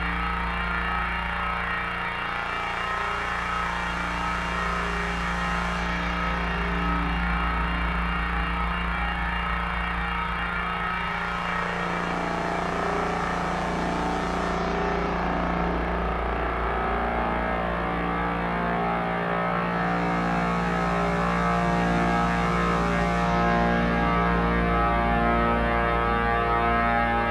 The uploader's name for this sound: drone